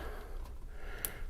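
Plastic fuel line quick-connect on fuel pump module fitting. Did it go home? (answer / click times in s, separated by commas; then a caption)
released / 1.1 s. A plastic fuel line quick-connect on a Jeep Wrangler fuel pump module fitting has its top and bottom tabs squeezed, giving a soft, low hiss. A short, sharp click sounds at 1.0 s as the connector releases. The fuel line then pops off the fuel pump fitting.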